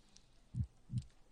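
Two crisp, low thumps about 0.4 seconds apart make up a single lub-dub heartbeat from an adult heard through a stethoscope, with quiet in between and no added noise. The heartbeat is steady, with no problems: normal heart sounds.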